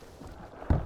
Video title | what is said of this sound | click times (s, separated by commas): Learn to Sail - Complete Beginner Lesson (First Time on the Water) | clac c'est baissé et nous allons baisser la dérive centrale le reste du chemin | 0.7 s